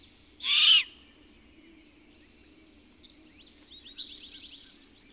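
Bird song opening with a loud harsh note, then after a pause high rapid trills and chirps.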